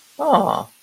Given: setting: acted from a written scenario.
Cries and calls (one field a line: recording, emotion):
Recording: vocal sound without words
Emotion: adoration